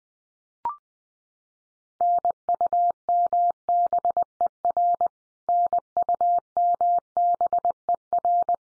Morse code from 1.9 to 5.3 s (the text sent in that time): NUMBER